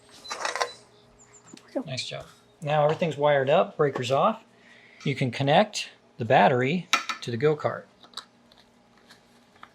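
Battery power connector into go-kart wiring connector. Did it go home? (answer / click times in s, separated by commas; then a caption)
yes / 9.6 s. A boy pushes the power connector of a LiFePO4 golf cart battery into the go-kart's mating wiring connector, with the breaker off, while someone talks. Brief clatter is heard, and the connector clicks into place at 9.6 s.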